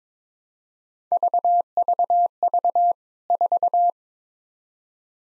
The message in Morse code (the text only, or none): VVV 4